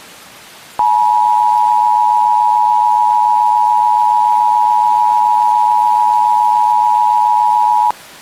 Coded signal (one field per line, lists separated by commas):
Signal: Emergency Alert System (SAME) tones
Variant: 853 and 960 Hz attention tone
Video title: EAS Scenario: A Trio of Disasters